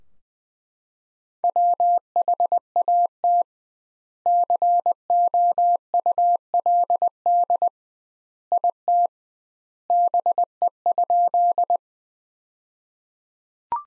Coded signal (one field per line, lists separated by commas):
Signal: Morse code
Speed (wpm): 20 wpm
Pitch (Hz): 700 Hz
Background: none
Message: WHAT COULD IT BE?